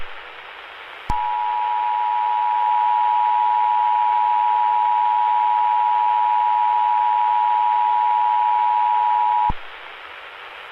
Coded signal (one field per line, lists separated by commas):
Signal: Emergency Alert System (SAME) tones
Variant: 853 and 960 Hz attention tone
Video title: THE WARDEN - EAS SCENARIO / ANALOG HORROR